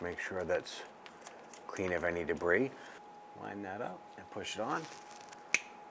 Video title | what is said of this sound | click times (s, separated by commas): How to Replace Rear ABS Sensor 2002-2008 Dodge Ram 1500 | you can hear it anfield click into place and you're all set | 5.5 s